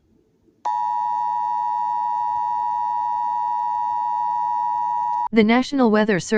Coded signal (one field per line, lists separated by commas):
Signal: Emergency Alert System (SAME) tones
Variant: 853 and 960 Hz attention tone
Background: speech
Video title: Morenami (An EAS Scenario)